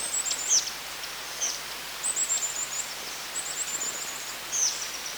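Sulphur-billed nuthatch giving thin, very high chips and short twittering runs in several bursts, with a steady hiss of background noise.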